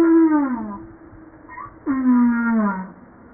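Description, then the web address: Humpback whale song, two harmonic moans each gliding downward, the second starting with a sharp attack, separated by a brief quiet gap. Recorded 5 March 1994. "pub JASA 2013 Blue Bowhead Fin Humpback Southern Right Whale humpback-01 940305-0952"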